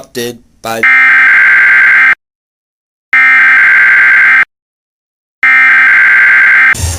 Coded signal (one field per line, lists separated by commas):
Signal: Emergency Alert System (SAME) tones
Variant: header bursts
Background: speech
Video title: The New EAS segment: Emergency Beau System (w/ test)